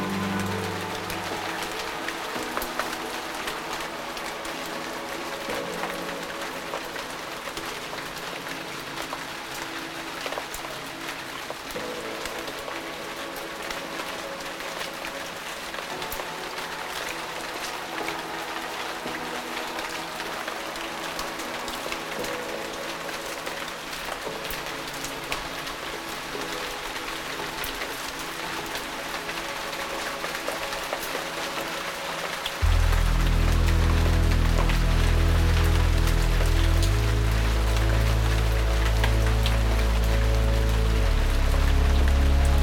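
Rain patters steadily on leaves, a dense, even hiss of drops throughout, with soft sustained music tones underneath. Around the 33-second mark the music swells much louder, with deep low notes and chords that shift every few seconds while the rain continues.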